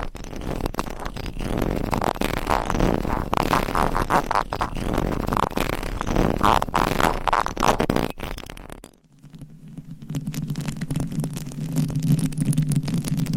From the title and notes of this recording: Mic Scratching & Tapping on 7 Mics with DIY Mic Covers. No Talking.